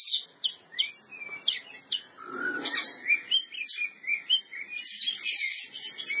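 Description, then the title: Oriental magpie-robin song, a varied run of whistled slurs, sharp chirps and rising notes, phrases coming in quick bursts with brief pauses. Champion bird. "Kicau Burung Kacer Juara"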